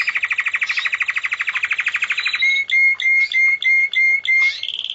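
Bird song: a fast pulsing chatter, then short ringing upslurred notes repeated about three times a second, ending in a higher steady note.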